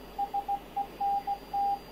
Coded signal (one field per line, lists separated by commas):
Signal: Morse code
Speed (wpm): 16 wpm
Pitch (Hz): 800 Hz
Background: radio noise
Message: SENT